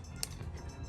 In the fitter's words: let me hear that click and you're done with one wire how does the inside look